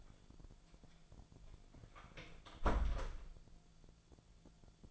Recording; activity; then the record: daily activity, microphone in the room; close door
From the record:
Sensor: 5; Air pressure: 1000.6 hPa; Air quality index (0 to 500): 162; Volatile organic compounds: 2 ppm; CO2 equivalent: 1244 ppm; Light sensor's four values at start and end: 46/109/45/49 and 47/110/46/49